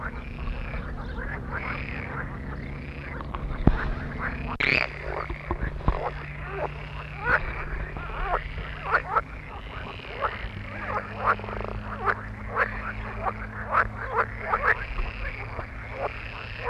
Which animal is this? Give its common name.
Edible Frog